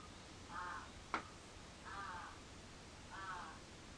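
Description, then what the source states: Crow giving three hoarse, drawn-out caws just over a second apart, with a brief sharp tap after the first, over faint steady background noise. Recorded 14 July 2022 at 06:37.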